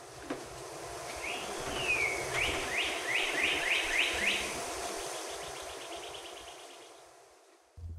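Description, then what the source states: Northern Cardinal song: a slurred whistle, then several loud downslurred whistled notes in quick, even succession, followed by fainter ones, over a steady hiss of background noise. Played-back phone recording of a male frequenting a backyard in Toronto; began singing unusually early, in February; sometimes about 20 feet away in a big tree.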